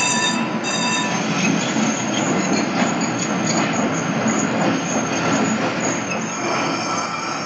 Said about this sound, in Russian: К остановке подходит трамвай.